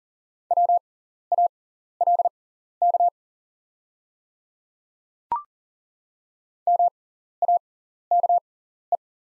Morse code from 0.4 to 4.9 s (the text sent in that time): WALK